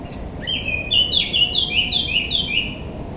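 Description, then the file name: Eurasian blackcap song: a brief high scratchy opening, then a run of clear whistled notes repeated rapidly, each sliding downward, over a steady low background hiss. "Sylvia atricapilla"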